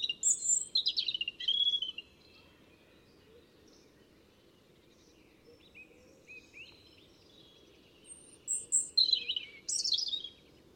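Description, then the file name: European robin song: brief high warbling phrases at the start and again near the end, with a long stretch of steady background hiss between. "Erithacus rubecula"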